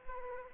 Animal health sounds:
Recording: mosquito wingbeat signal from an infrared sensor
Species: Anopheles arabiensis

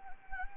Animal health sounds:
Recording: mosquito wingbeat signal from an infrared sensor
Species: Anopheles gambiae

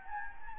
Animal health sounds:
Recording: mosquito wingbeat signal from an infrared sensor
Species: Anopheles gambiae

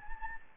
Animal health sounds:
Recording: mosquito wingbeat signal from an infrared sensor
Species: Anopheles gambiae

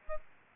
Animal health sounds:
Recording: mosquito wingbeat signal from an infrared sensor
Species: Aedes albopictus

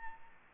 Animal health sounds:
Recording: mosquito wingbeat signal from an infrared sensor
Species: Aedes albopictus

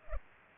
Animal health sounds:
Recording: mosquito wingbeat signal from an infrared sensor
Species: Culex pipiens

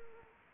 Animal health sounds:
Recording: mosquito wingbeat signal from an infrared sensor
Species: Anopheles arabiensis

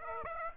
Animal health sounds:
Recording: mosquito wingbeat signal from an infrared sensor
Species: Aedes aegypti

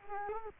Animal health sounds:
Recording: mosquito wingbeat signal from an infrared sensor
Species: Culex quinquefasciatus

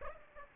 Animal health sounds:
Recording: mosquito wingbeat signal from an infrared sensor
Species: Aedes aegypti

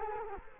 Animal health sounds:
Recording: mosquito wingbeat signal from an infrared sensor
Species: Culex quinquefasciatus

